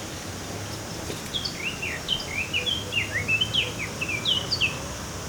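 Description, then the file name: Eurasian blackcap singing a rapid warbled phrase of varied whistled notes over steady background hiss. "Sylvia atricapilla"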